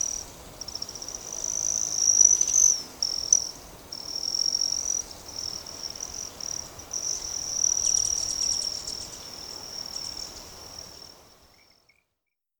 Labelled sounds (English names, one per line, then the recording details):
Broad-tailed Hummingbird
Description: Broad-tailed Hummingbird call and wing buzz sounds recorded in the Wild Basin Moraine in Rocky Mountain National Park
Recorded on 1 June 2016